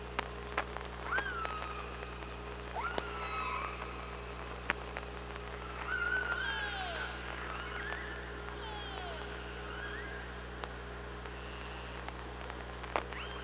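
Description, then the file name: Killer whale calls: repeated short, upswept harmonic cries and descending whistles, with sharp clicks and a steady low hum throughout. Recorded with an OrcaLab hydrophone on 24 August 2017 at 05:31:26. "Orca Lab 20170824"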